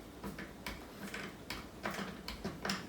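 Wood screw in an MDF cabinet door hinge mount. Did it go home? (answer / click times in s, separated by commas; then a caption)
no / 0.7 s, 1.5 s, 2.3 s. A wood screw in the hinge mount of an MDF sink-cabinet door keeps being turned after it is already tight, giving sharp ticks at 0.7, 1.5 and 2.3 seconds with softer ticks between. The threads shave away the MDF, and the screw ends up stripped, spinning freely without holding.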